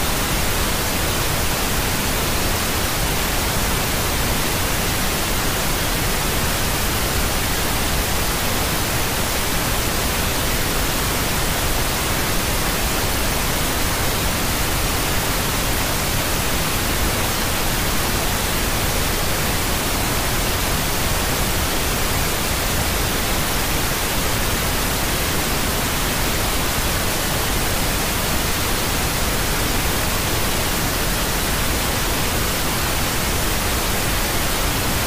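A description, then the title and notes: Pink noise hisses steadily for the whole clip, a dense, unchanging rush with fuller low end and softer treble, at constant loudness. Pink Noise.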